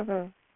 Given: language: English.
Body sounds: throat vibration sensor signal played as sound; speech

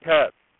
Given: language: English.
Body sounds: throat vibration sensor signal played as sound; speech

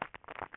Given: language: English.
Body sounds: throat vibration sensor signal played as sound; swallow

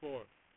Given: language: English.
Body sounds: throat vibration sensor signal played as sound; speech

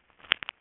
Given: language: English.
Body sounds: throat vibration sensor signal played as sound; swallow

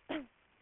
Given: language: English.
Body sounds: throat vibration sensor signal played as sound; cough

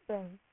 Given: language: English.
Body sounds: throat vibration sensor signal played as sound; speech

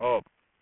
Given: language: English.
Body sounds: throat vibration sensor signal played as sound; speech

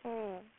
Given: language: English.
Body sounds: throat vibration sensor signal played as sound; speech

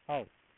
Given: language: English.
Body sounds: throat vibration sensor signal played as sound; speech

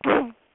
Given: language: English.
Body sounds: throat vibration sensor signal played as sound; throat clearing

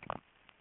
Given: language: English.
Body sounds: throat vibration sensor signal played as sound; swallow

